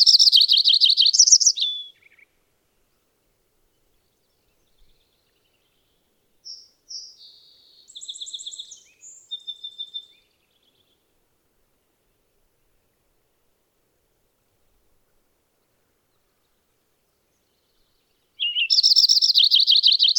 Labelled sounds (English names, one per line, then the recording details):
Lincoln's Sparrow song
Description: Lincoln's Sparrow song recorded on the Cub Lake Trail in Rocky Mountain National Park
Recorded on 24 June 2015